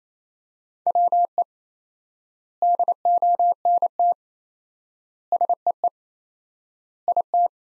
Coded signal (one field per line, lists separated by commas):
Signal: Morse code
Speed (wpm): 28 wpm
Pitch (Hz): 700 Hz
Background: none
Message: WE DONT SEE IT